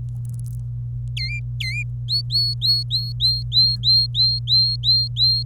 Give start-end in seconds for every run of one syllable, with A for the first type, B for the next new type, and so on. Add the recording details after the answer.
1.17-1.83 A, 2.08-5.43 B. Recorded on 26 April 2018 at 08:48. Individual llb3